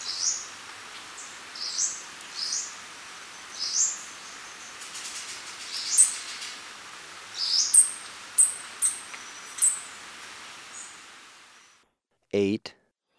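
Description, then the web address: Choco Warbler repeating quiet, high, slurred notes about once a second, growing a little louder, then the sound cuts off with a brief clatter. Recorded in Ecuador. "Birds of Ecuador. Choco Warbler"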